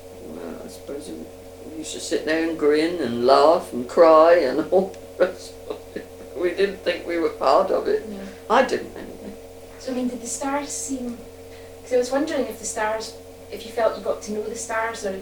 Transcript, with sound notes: well, I suppose you used to sit there and grin and laugh and cry and all [laughs] this. We didn't think we were part of it.
No.
I didn't anyway.
So I mean did the stars seem, 'cause I was wondering if the stars-- if you felt you got to know the stars.